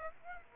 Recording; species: mosquito wingbeat signal from an infrared sensor; Aedes aegypti